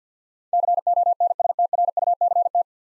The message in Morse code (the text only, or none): CONSTRUCT